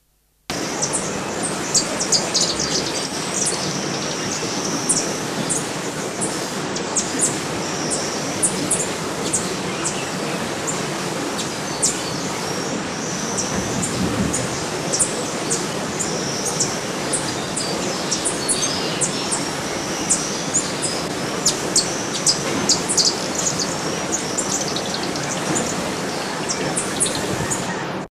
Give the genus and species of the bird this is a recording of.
Colibri thalassinus